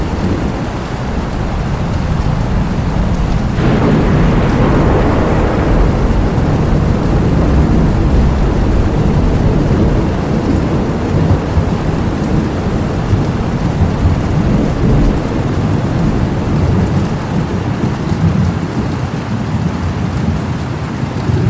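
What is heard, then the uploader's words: A thunderstorm with heavy rain, a deep rumble of thunder rolling in around three and a half seconds and slowly fading over the next several seconds. Beneath it, dense steady rain and rushing water keep a constant low roar throughout. Thunder & Rainstorm with River Water Sounds.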